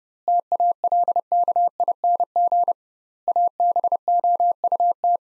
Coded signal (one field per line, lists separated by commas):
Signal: Morse code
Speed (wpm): 32 wpm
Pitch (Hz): 700 Hz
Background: none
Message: TALKING ABOUT